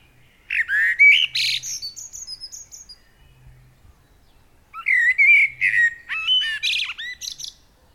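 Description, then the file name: Common blackbird singing a mellow whistled warble ending in thin high notes, then a second fluty phrase after a pause, with squeaky twitters to finish; faint low hum beneath. "Turdus merula"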